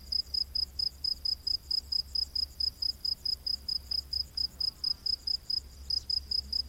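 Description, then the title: Cricket chirps, sharp high pulses in an unbroken rhythm, a fainter higher insect chorus and a low steady hum underneath. Diverse crickets chorusing at night in humid, lush rainforest. "Crickets of the Rainforest 🌿. Exotic Insect Orchestra"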